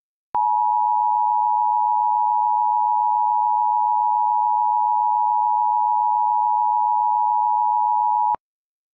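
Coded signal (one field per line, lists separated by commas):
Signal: Emergency Alert System (SAME) tones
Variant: 853 and 960 Hz attention tone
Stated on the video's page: Fictional EAS scenario using valid SAME headers.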